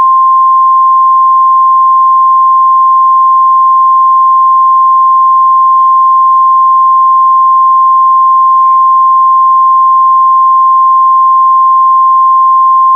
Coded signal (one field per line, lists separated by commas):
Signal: Emergency Alert System (SAME) tones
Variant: 853 and 960 Hz attention tone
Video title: This is an EAS recreation